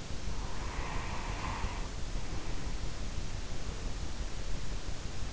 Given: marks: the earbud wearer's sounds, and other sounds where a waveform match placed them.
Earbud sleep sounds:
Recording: sounds in sleep by an in-ear microphone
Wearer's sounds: breath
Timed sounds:
0.21-3.06 s: breath

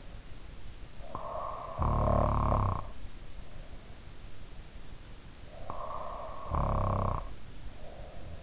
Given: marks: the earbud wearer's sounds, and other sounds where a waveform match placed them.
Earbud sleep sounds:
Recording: sounds in sleep by an in-ear microphone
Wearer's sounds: snoring breath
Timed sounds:
0.97-2.92 s: snoring breath
5.57-8.43 s: snoring breath

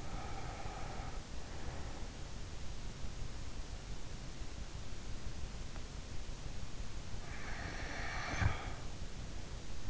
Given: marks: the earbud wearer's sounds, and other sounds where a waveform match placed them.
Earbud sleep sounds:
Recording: sounds in sleep by an in-ear microphone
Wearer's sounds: breath, snoring breath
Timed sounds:
0.00-2.30 s: breath
7.40-8.77 s: snoring breath

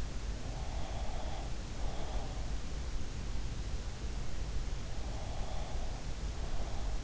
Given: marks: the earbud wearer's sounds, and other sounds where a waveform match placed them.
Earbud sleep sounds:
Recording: sounds in sleep by an in-ear microphone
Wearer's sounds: breath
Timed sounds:
0.51-2.55 s: breath
5.04-7.04 s: breath

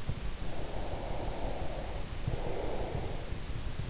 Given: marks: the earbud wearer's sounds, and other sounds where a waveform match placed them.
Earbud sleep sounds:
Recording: sounds in sleep by an in-ear microphone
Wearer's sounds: breath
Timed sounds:
0.49-3.35 s: breath

